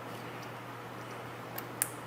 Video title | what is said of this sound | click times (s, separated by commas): Hyper LED Saddlebag Lights for '23 CVO & '24 Harley Touring Models | you want to listen for that click on both of those now we're ready to reinstall our seat | 1.8 s